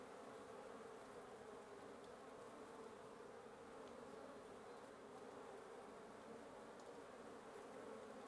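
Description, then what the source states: Steady wasp buzzing, a thick continuous hum from a busy nest. Wasp nest under the roof of the recordist's residence at 1a Avenida Norte 19, Antigua Guatemala, Guatemala; recorded in the morning.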